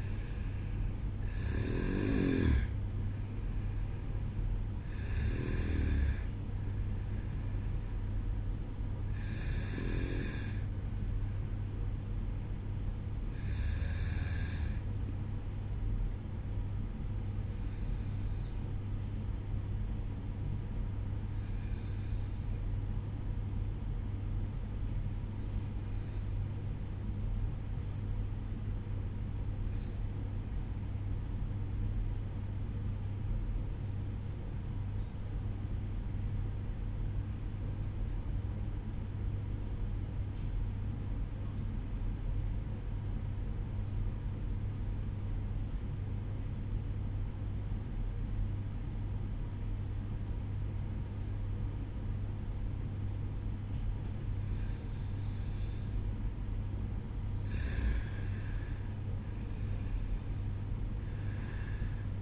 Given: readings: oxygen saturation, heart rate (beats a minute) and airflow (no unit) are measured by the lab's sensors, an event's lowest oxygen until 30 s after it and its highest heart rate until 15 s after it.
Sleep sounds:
breathing in sleep by a smartphone at the bedside; 1
15.00-45.00 s: new sleep stage, N2 (light sleep)
21.00-53.90 s: obstructive apnea (N2, oxygen 95% highest, then 91% lowest, heart rate 56 at the start, 60 highest)
45.00-62.22 s: new sleep stage, N1 (lightest sleep)
From the record:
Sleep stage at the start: N1 (lightest sleep); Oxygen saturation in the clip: 91 to 95%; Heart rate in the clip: 53 to 60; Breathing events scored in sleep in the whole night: 305 in 9.6 hours asleep

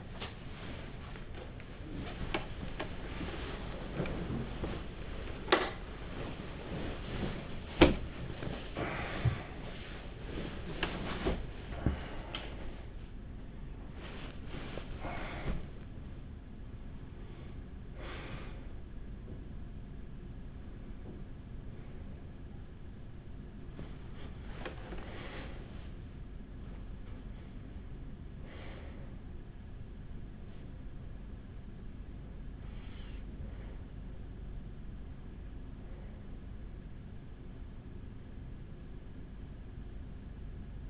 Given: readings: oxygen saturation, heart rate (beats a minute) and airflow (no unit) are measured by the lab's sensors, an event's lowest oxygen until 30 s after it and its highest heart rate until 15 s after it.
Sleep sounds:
a person awake in a sleep study, by a smartphone at the bedside; none
0.00-40.90 s: awake
From the record:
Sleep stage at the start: awake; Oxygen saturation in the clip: 95 to 96%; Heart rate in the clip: 51 to 74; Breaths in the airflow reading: 13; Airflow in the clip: -10.0 to 10.8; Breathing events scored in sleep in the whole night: 207 in 7.6 hours asleep

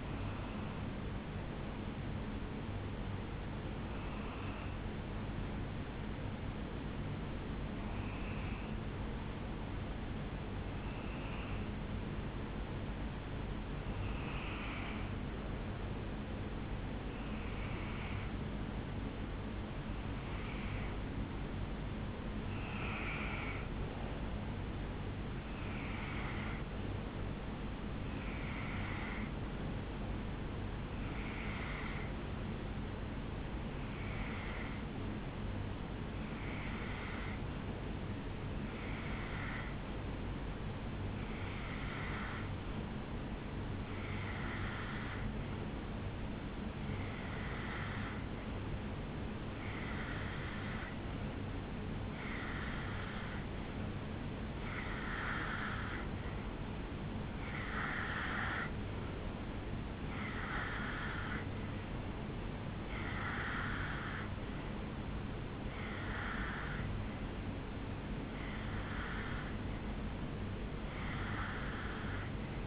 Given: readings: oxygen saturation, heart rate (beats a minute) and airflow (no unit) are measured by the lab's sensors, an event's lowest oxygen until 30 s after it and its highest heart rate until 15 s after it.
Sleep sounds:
breathing in sleep by a voice recorder at the bedside; 1
0.00-2.00 s: awake
4.00-27.80 s: hypopnea (N1, oxygen 97% highest, then 89% lowest, heart rate 71 at the start, 75 highest)
57.00-72.67 s: new sleep stage, N2 (light sleep)
From the record:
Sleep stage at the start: N1 (lightest sleep); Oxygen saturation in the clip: 88 to 97%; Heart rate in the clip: 69 to 76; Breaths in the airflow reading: 26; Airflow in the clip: -5.6 to 2.9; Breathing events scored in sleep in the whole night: 449 in 7.0 hours asleep

